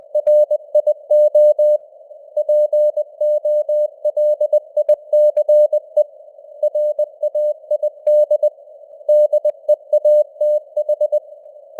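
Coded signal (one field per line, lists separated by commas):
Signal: Morse code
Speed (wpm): 20 wpm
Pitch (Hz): 600 Hz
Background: none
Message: RIO POLICE RAID DEATH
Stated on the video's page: Simulated Morse news headlines at 20 wpm with simulated radio noise and varying signal strength (QSB).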